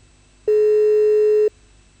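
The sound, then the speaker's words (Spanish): A telephone line tone sounds once, a steady mid-pitched buzzy beep lasting about a second, loud and alone against a faint background hiss, with no talking, as a call to the Policía de Seguridad Aeroportuaria is redialed. “A ver si ahora atienden de nuevo.”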